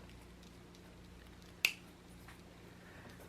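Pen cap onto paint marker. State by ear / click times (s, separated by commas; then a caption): seated / 1.6 s. A plastic cap is pushed back onto a Posca paint marker after splattering white ink, over a steady low background hum. A single sharp, bright click sounds at 1.7 s, and the cap is seated and clicked shut.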